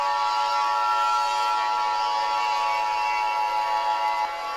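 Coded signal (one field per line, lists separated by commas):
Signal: Emergency Alert System (SAME) tones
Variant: 853 and 960 Hz attention tone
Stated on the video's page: Fictional EAS scenario tones with an interstellar theme.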